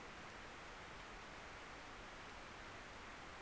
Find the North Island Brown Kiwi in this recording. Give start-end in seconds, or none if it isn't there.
none